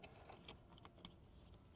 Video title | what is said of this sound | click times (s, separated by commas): Tesla Model 3 and Y Backseat Entertainment Screen - the Tes Studio R86! Installation and review! | if this is the right harness it will just click right in place it'll fit | 1.0 s